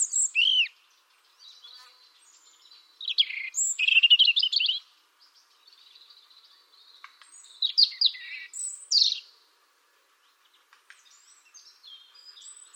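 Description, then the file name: European robin song: scattered high thin whistles and short warbled bursts with gaps, some phrases quiet. "Erithacus rubecula"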